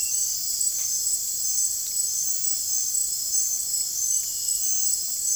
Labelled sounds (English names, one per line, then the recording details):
none
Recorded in dense forest near Puerto Asís, Putumayo, Colombia, on 22 June 2025 at 20:30
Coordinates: 0.503, -76.323
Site G059